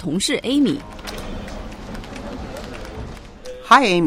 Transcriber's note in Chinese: Office ambience